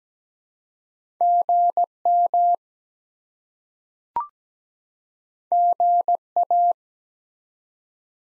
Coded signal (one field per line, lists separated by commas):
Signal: Morse code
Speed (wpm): 17 wpm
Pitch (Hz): 700 Hz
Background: none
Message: GM GA